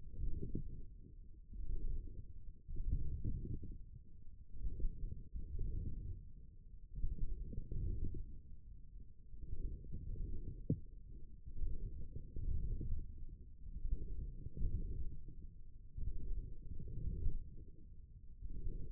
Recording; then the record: forearm muscle sounds (acoustic myography)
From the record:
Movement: forearm pronation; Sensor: system 1, eight BSWA MPA416 microphones around the upper forearm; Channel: 2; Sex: male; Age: 28 years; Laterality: right